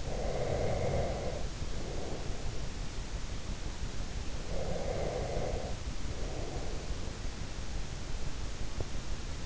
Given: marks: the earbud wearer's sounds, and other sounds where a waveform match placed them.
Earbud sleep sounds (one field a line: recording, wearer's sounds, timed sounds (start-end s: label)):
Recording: sounds in sleep by an in-ear microphone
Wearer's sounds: breath, teeth grinding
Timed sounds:
0.00-2.76 s: breath
4.39-7.27 s: breath
8.80-8.95 s: teeth grinding